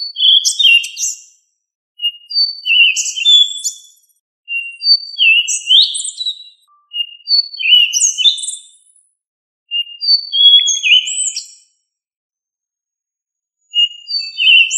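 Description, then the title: Thrush song: several phrases of clear whistles and buzzy, tumbling notes, separated by short pauses; no other sounds. "Familia Turdidae - Sabia"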